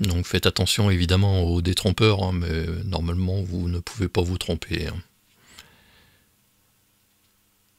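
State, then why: Seated. Someone talks for about five seconds while fitting a PTRX-7300 module inside an ICOM IC-7300 transceiver, then pushes a small internal ribbon cable connector into its socket on the board. A single short, faint tick is heard at 5.6 s as the connector clicks in and seats.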